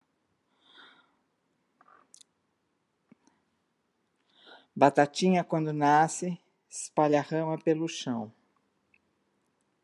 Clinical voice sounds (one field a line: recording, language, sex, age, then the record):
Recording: short text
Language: Brazilian Portuguese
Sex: female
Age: 60 to 69 years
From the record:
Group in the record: control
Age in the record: 68 years